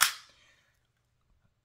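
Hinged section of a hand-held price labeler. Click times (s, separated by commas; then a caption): 0.0 s. A hinged plastic section of a hand-held price labeler is pushed back down all the way in after the ink roll is loaded. It seats with a single sharp snap at 0.0 s, followed by a short fading ring and then near silence.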